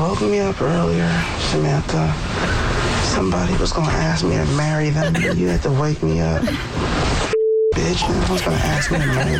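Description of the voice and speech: An adult woman talks in her sleep in full, irritated sentences, addressing her cat Samantha and grumbling about being woken just before a marriage proposal. The speech has a low, creaky, slightly slurred quality, and a brief steady beep cuts in near the end. This is sleep talking (somniloquy).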